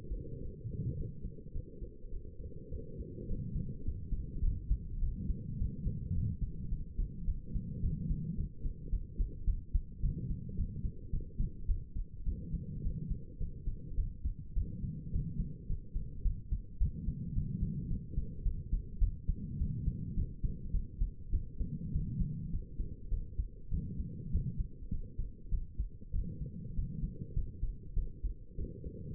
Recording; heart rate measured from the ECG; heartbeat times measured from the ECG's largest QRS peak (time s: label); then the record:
heart sounds by stethoscope; 104 bpm
0.41 s: heartbeat
0.97 s: heartbeat
1.54 s: heartbeat
2.12 s: heartbeat
2.71 s: heartbeat
3.28 s: heartbeat
3.85 s: heartbeat
4.43 s: heartbeat
5.01 s: heartbeat
5.59 s: heartbeat
6.15 s: heartbeat
6.71 s: heartbeat
7.27 s: heartbeat
7.82 s: heartbeat
8.37 s: heartbeat
8.91 s: heartbeat
9.47 s: heartbeat
10.02 s: heartbeat
10.57 s: heartbeat
11.12 s: heartbeat
11.68 s: heartbeat
12.26 s: heartbeat
12.84 s: heartbeat
13.40 s: heartbeat
13.97 s: heartbeat
14.55 s: heartbeat
15.13 s: heartbeat
15.69 s: heartbeat
16.24 s: heartbeat
16.80 s: heartbeat
17.35 s: heartbeat
17.90 s: heartbeat
18.44 s: heartbeat
19.00 s: heartbeat
19.59 s: heartbeat
20.16 s: heartbeat
20.73 s: heartbeat
21.32 s: heartbeat
21.93 s: heartbeat
22.52 s: heartbeat
23.11 s: heartbeat
23.71 s: heartbeat
24.32 s: heartbeat
24.91 s: heartbeat
25.51 s: heartbeat
26.13 s: heartbeat
26.76 s: heartbeat
27.35 s: heartbeat
27.96 s: heartbeat
28.57 s: heartbeat
From the record:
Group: healthy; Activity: rest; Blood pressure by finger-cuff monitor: 128/83 mmHg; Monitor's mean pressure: 95 mmHg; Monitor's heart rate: 104 bpm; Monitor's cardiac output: 7.7 L/min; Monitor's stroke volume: 74 mL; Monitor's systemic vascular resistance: 910 dyn s/cm5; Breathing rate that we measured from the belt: 26 breaths a minute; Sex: female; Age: 22 years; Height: 163 cm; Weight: 67.1 kg